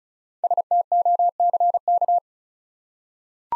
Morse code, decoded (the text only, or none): STOCK